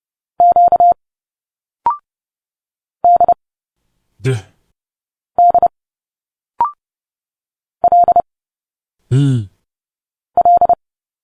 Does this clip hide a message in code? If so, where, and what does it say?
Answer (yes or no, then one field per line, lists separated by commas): yes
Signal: Morse code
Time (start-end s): 0.4-10.7 s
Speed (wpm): 29 wpm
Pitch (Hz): 700 Hz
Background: speech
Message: Q D D L L